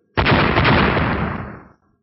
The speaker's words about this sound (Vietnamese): Vài tiếng nổ truyền ra, Ngọc Ấn kia quả nhiên là không bình thường, vừa tiếp xúc đã bắt đầu gãy từng khúc.